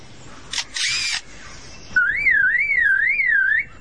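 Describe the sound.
Lyrebird mimicking mechanical sounds: clicking camera-like bursts, then a loud warbling siren that swings up and down like a car alarm.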